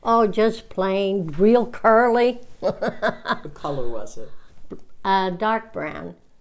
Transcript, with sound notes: Oh, just plain. Real curly. ( she laughs )
What color was it?
Uh, dark brown.